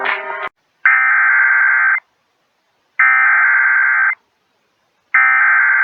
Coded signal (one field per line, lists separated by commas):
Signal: Emergency Alert System (SAME) tones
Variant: header bursts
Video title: EAS Timeline Early March Twin Cities Tornadoes NOAA Weather Radio KEC65/KSTP-FM (KS95)